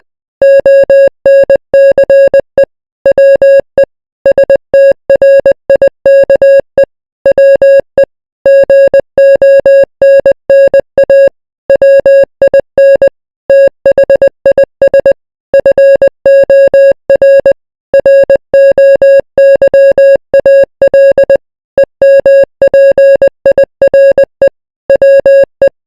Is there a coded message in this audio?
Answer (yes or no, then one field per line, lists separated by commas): yes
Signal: Morse code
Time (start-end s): 0.4-25.7 s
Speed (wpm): 20 wpm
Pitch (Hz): 550 Hz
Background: music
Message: ONCE WE STRIKE WE GONNA WIN THIS FOR ROYAL EMPIRE WE